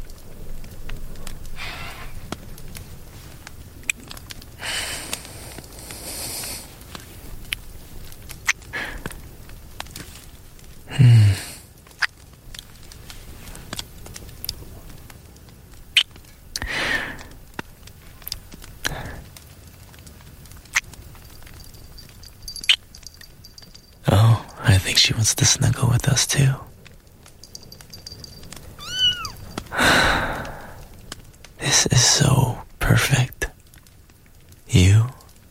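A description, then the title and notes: Fire crackles with sharp, scattered pops over a low, steady rumble. Louder bursts of rushing, hissing noise break in around 5, 11, 17 and 24 to 26 seconds, then again near 30, 32 and 35 seconds, while a faint high whine sits in the middle stretch. Rain and fire in the background.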